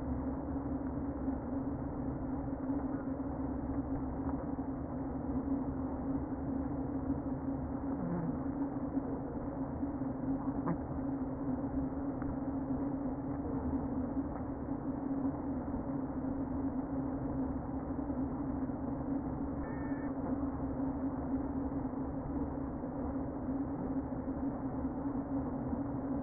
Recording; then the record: honeybee colony, microphone inside the hive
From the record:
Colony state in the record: queen present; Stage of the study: before two queens were removed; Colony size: about 60,000 bees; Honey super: yes